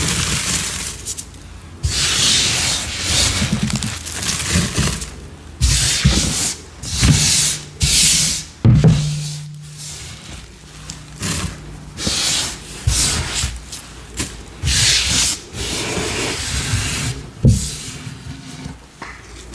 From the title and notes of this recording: ASMR gym chalk and cornstarch crushing, powder play, pouring, mixing, and reforming soothing sounds.